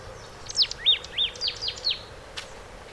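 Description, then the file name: Marsh tit with a quick string of about six sharp, high notes falling in pitch, followed by a brief click and light background noise. "Poecile palustris"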